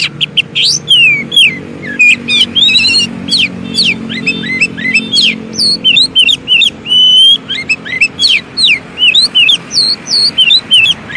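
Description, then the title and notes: Oriental magpie-robin song, continuous and varied, mixing clear rising and falling whistles with rapid chattering and buzzy bursts, with a faint low hum behind. Long-duration filler song (isian) for training kept birds to sing actively day and night. "Kacer Jadi Gacor Siang Malam. Isian Kacer Durasi Panjang"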